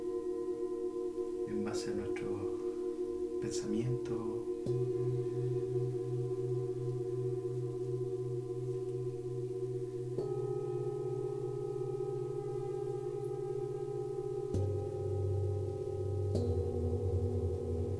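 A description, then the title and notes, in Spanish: Singing bowls ring in long, steady overlapping tones, low and humming with brighter layers above. A few short spoken or breathy sounds break in during the first four seconds, and new bowl strikes shift the chord near 10, 14.5 and 16 seconds. Un viaje entre cuencos.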